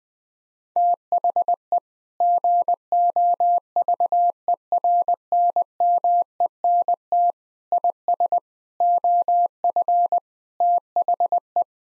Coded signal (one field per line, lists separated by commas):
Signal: Morse code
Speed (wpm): 20 wpm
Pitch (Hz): 700 Hz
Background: none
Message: THE GOVERNMENT IS OF THE